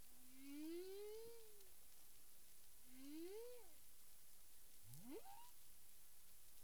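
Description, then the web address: Humpback whale giving two arched, moaning tonal units that rise then fall, followed by a quick rising whoop, against constant underwater hiss. Recorded 9 April 2002 at 18:00:53 UTC. "humpback whale 20020409"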